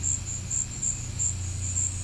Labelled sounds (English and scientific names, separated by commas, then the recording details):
none
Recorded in pastures near Puerto Asís, Putumayo, Colombia, on 15 December 2024 at 15:30
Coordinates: 0.505, -76.324
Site G063